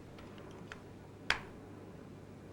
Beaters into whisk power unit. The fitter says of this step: point now click the beers in place inside the white power unit like this